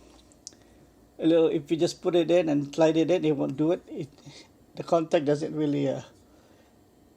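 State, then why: Seated. A camcorder battery is pushed and slid into a plastic Kastar AG-VBR89G AC wall charger for the Panasonic HC-X2 4K camcorder, giving a sharp click at 0.5 s as it seats. Someone then talks from about 1.2 s onward. The battery makes contact and starts charging.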